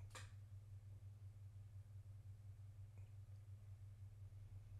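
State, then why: Seated. A plastic door spring holder on the second side of a Dometic RV freezer door is pushed with a small screwdriver into its hinge hole, and it pops in with a faint, short snap at 0.2 s. The rest is a steady low hum with no further sound, and the holder is seated.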